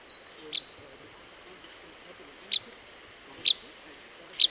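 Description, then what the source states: Red crossbill flight calls: four short, sharp kip notes, the last three about a second apart, with faint high whistled slurs near the start. Type N call type; flight calls.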